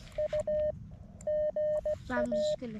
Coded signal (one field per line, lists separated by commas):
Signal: Morse code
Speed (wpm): 16 wpm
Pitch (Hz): 610 Hz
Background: speech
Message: U GA